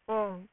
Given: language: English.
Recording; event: throat vibration sensor signal played as sound; speech